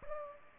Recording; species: mosquito wingbeat signal from an infrared sensor; Culex pipiens